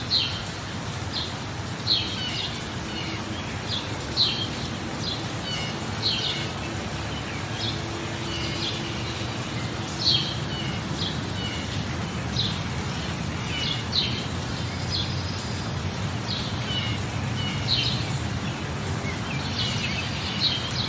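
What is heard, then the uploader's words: Rainforest ambience with a steady low rush like falling water filling the background. Short bright calls, likely frogs or birds, repeat irregularly every second or two throughout, some sharper, with a few louder chirps standing out around ten and eighteen seconds. Soothing Rainforest, Frogs, and Waterfalls.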